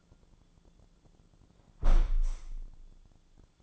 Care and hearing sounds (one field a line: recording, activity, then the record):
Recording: daily activity, microphone in the room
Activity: close window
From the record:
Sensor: 5